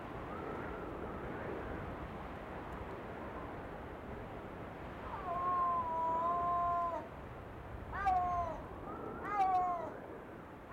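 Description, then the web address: Snow leopard mewing calls, a long level wail followed by two shorter falling meows near the end, over faint background hiss. "SNOW LEOPARD. wilderness songs"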